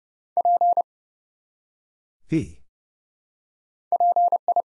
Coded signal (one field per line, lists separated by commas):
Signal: Morse code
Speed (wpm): 29 wpm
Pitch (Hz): 700 Hz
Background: none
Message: P PI